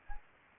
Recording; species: mosquito wingbeat signal from an infrared sensor; Anopheles arabiensis